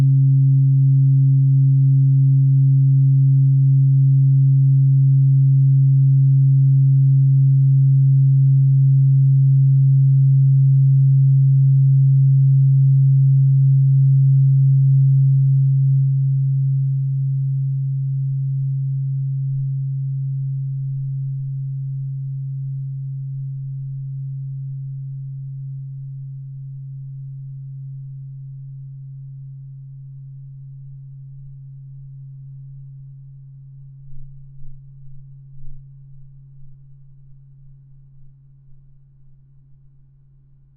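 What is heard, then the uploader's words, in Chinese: A low tuning fork hums in a single deep, pure tone, with a fainter higher ring above it that fades in the first seconds. The note holds steady, then slowly dies away over about forty seconds, with a few faint wobbles near the end. ASMR×KU100。音叉震腦。(OM136.1HZ&4096HZ) | Tuning Fork | NO Talking。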